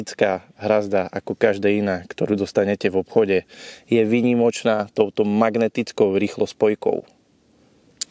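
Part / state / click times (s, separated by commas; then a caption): rod rest adapter on buzzer bar magnetic quick-release / released / 8.0 s. Someone talks for about seven seconds about a Giants Fishing adjustable metal buzzer bar for 2 rods (17–25 cm) and its magnetic quick-release. Then a bite-alarm or rod-rest adapter is simply pulled off the magnetic quick-release, giving a sharp metallic snap at 8.0 s as the magnet lets go and the adapter comes free.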